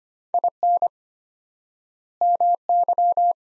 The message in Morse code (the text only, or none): IN MY